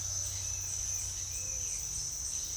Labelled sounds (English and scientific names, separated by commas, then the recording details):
none
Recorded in secondary vegetation near Puerto Asís, Putumayo, Colombia, on 29 June 2025 at 08:00
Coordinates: 0.498, -76.327
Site GP09